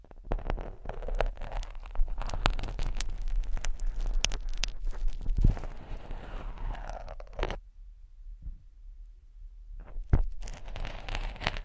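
Slow scratching and rubbing against the ear with crackly, crunchy bursts, a near-silent pause around eight seconds, then scratching resumes.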